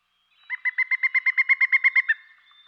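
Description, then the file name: Pileated woodpecker calling a quick, even series of about fourteen loud, ringing 'kuk' notes delivered over under two seconds, then stopping. "dan gibsons solitudes pileated woodpecker"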